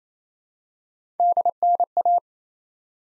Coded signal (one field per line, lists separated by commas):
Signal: Morse code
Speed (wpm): 28 wpm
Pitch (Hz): 700 Hz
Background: none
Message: DNA